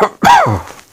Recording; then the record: coughing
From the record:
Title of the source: Heavy cold and sore throat coughing.